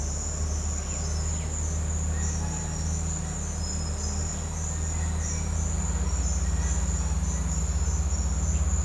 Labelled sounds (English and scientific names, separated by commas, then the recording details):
none
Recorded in pastures near Puerto Asís, Putumayo, Colombia, on 21 December 2024 at 13:30
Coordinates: 0.466, -76.322
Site G040